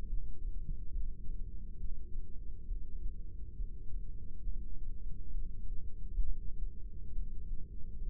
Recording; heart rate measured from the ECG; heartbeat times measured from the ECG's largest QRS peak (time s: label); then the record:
heart sounds by microphone in the right ear; 68 bpm
0.08 s: heartbeat
0.93 s: heartbeat
1.79 s: heartbeat
2.67 s: heartbeat
3.56 s: heartbeat
4.44 s: heartbeat
5.33 s: heartbeat
6.23 s: heartbeat
7.14 s: heartbeat
8.03 s: heartbeat
From the record:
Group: heart failure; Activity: rest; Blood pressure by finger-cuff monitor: 130/89 mmHg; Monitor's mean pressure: 103 mmHg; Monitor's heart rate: 68 bpm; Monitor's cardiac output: 6.3 L/min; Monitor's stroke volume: 92 mL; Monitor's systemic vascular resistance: 1220 dyn s/cm5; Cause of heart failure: idiopathic cardiomyopathy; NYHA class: 1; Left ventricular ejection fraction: 50%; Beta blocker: bisoprolol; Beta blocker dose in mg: 5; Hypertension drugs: candesartan, spironolactone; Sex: male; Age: 54 years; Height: 180 cm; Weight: 94.6 kg